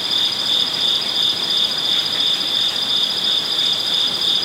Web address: lynne-publishing amb crickets koipond Kyoto zen garden night Japan